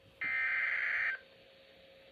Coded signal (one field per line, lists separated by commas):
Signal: Emergency Alert System (SAME) tones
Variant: header bursts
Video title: Flood Warning - EAS 66